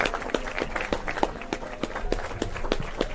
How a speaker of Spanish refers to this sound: Con estos aplausos merecidos nos despedimos de Petunia Café Concert.